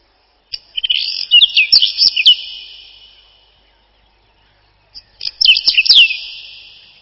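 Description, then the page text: Whinchat song in two bursts roughly four seconds apart, each packed with rapid high twitters, slurred whistles and crackly notes. "Луговой чекан — Saxicola rubetra"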